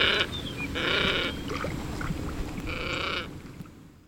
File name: Glossy Ibis